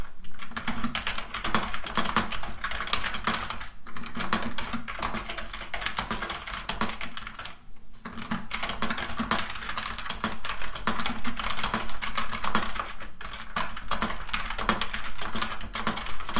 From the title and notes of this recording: Fast Keyboard Typing - No Talking. Typing/tapping on two types of keyboards.